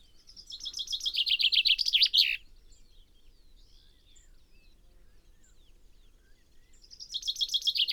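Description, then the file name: Common chaffinch song: a descending series of bright repeated notes ending in a flourish near two seconds, then quiet, with a new phrase starting at the end. "Fringilla coelebs"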